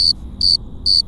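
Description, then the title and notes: Cricket chirps, three bright high-pitched bursts spaced evenly, with a faint steady tone and low rumble beneath. Several crickets on Cerro Gordo hill, León, Guanajuato, Mexico, 18 April 2019 at 9:19 p.m.; recorded with Tascam DR-05X built-in microphones and WS-11 windshield. "Grillos cercanos en el cerro gordo. Lomas del Madrono, Lomas del Campestre, Gto., Mexico. Close to some crickets at Cerro Gordo in Leon, Guanajuato. Mexico. I made this recording on April 18th, 2019, at 9:19 p.m"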